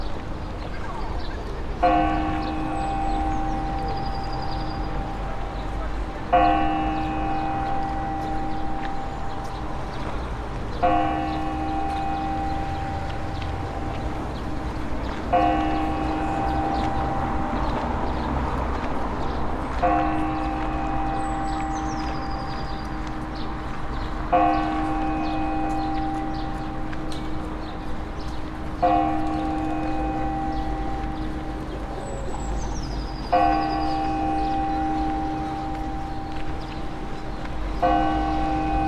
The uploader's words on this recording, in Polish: Lokalizacja: Stare Miasto, Rynek. Zarejestrowane w południe na Bulwarze Xawerego Dunikowskiego, naprzeciw Mostu Piaskowego. Rekorder, mikrofon: sony pcm d50, mic rode nt4, FEL BMA preamplifier.